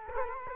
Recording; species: mosquito wingbeat signal from an infrared sensor; Culex quinquefasciatus